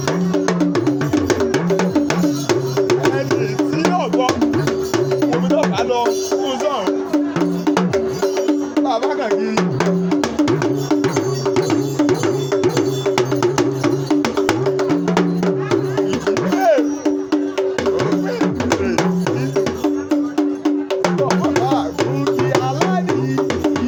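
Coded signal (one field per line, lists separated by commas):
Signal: talking drum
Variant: Yoruba dùndún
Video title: Fîfi Ìlù ki Oríkî îdílé ni èdè Yorùbá (Homage by talking drum in Yorùbá language)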